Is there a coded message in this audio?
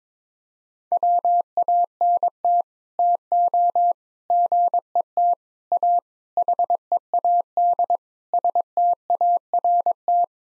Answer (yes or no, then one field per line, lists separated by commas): yes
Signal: Morse code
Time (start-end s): 0.9-10.2 s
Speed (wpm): 22 wpm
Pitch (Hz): 700 Hz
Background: none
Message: WANT TO GET A HEAD START